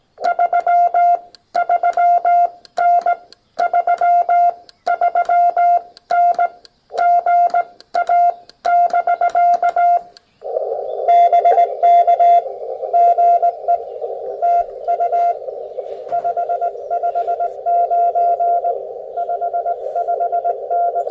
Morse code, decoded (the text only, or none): 33N 33N GA <BK> BK GE TU 559 55N